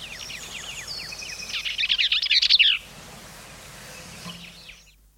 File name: bellsvireo